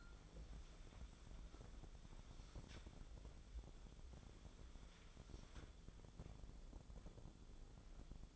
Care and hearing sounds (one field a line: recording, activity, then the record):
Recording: daily activity, microphone in the room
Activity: wipe stove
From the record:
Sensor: 5